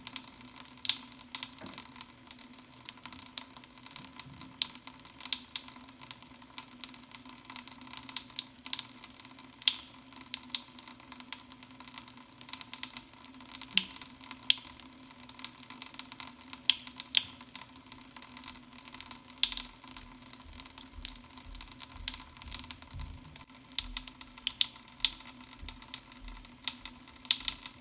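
Water drips onto a cotton pad in a dense, irregular patter of soft, crisp ticks that continues steadily for the whole recording. A low, constant hum sits underneath.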